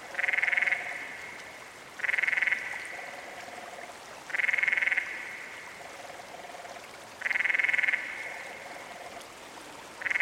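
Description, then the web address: Canyon frog calls: loud, buzzy pulsed trills repeating every two to three seconds, with softer, lower trills in between over a steady background hiss. "Dan Gibson's Solitudes Frog Song. Canyon Frog"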